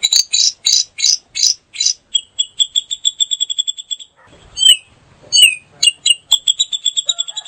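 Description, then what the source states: Grey-cheeked bulbul calls: rapid series of sharp, repeated chattering notes, then quick high ticking runs and a few slurred notes, fairly loud and busy. Female.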